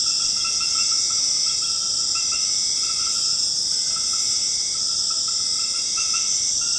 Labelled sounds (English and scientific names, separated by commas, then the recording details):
none
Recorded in secondary vegetation near Puerto Asís, Putumayo, Colombia, on 12 March 2025 at 21:30
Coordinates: 0.485, -76.322
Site G040